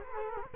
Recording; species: mosquito wingbeat signal from an infrared sensor; Culex quinquefasciatus